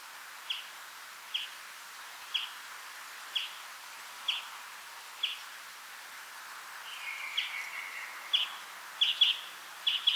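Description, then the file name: European greenfinch calls, brief chirps spaced about a second apart, then a drawn-out buzzy note and a few quicker doubled chips near the end. "Chloris chloris 190325"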